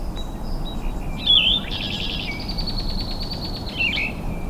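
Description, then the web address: Yellow-throated vireo song: a short burry, slurred phrase and another near the end, with a thin buzzy trill between them. Recorded in Michigan on 23 May 2008. "Michigan Bird Songs Vireo flavifrons"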